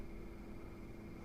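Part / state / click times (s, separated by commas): pistol into polymer holster / not seated / none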